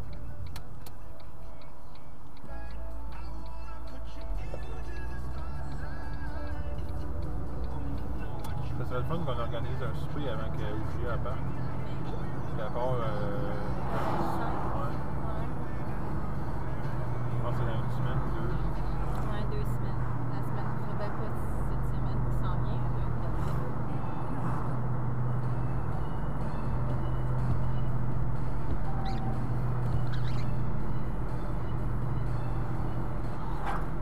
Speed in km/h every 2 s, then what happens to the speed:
9, 5, 14, 22, 29, 37, 44, 48, 51, 51, 50, 51, 51, 52, 51, 50, 48.
2-15 speeds up to 51. 15-27 steady at about 51.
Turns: none.